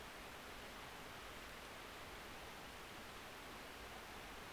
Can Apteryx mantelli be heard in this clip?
no